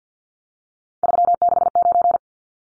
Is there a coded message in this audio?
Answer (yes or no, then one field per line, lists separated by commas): yes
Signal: Morse code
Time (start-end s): 1.0-2.2 s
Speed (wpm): 50 wpm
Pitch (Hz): 700 Hz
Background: none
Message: 369